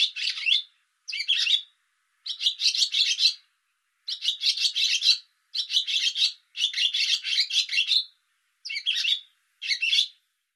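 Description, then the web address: Bird uttering rapid, scratchy high-pitched chatter in repeated bursts with brief gaps between them. "cianscape birddata Deverinetal 2025"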